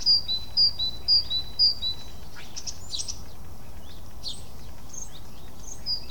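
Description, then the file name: Great tit repeating a high two-note phrase for about two seconds, followed by scattered short chirps and twitters. "Parus major"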